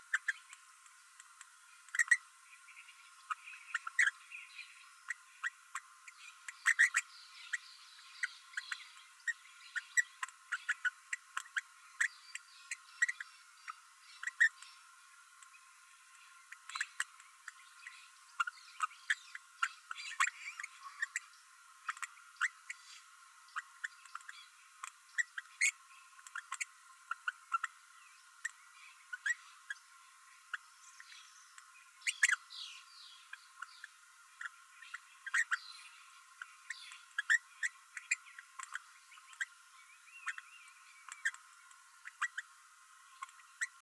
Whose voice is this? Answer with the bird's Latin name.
Forpus passerinus